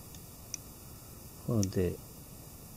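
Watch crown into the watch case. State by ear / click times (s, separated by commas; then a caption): seated / 0.5 s. After the day is set on a cheap SOKI field watch, its metal crown is pushed back down into the watch case and seats with a single short, sharp tick at 0.5 s. Afterward, someone talks briefly over a quiet background.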